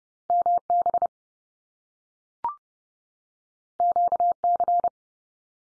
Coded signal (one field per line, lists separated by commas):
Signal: Morse code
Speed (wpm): 30 wpm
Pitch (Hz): 700 Hz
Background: none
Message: MB QC